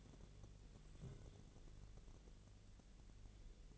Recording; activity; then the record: daily activity, microphone in the room; take from stove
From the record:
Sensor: 4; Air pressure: 1000.8 hPa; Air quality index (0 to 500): 125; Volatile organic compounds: 1 ppm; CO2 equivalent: 938 ppm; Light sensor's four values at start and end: 37/91/38/42 and 39/95/40/44